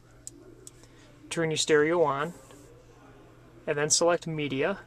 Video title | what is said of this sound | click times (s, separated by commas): How to use an SD Card with VW's RNS315 Navigation System | push it in all the way until it clicks. | 0.3 s